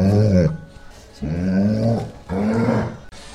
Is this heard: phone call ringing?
no